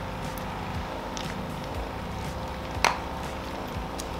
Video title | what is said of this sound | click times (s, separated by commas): Pool Reel Assembly With Cover Setup | just like that I heard it click | 2.8 s